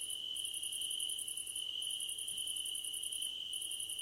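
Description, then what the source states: Cricket chorus with one unbroken high-pitched trill and quick pulsed chirp trains above it, pausing briefly between trains. Crickets at night under a starlit sky; described as a gentle hum.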